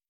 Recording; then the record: hydrophone in a shrimp aquaculture tank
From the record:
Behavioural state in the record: stressed